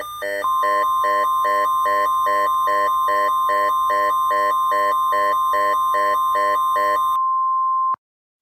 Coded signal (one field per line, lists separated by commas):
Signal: Emergency Alert System (SAME) tones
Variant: 1050 Hz attention tone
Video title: EAS Scenario: Smoking Mountain (Part I)